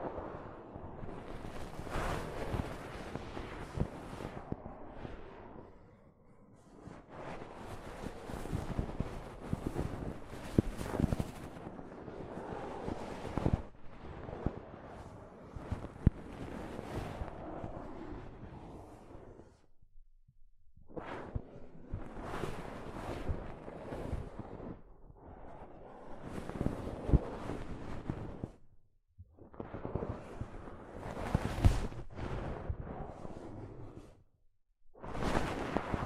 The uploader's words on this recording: ASMR Mic Brushing using Soft Fabric (No Talking).